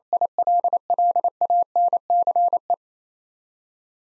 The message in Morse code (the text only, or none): ILLANCE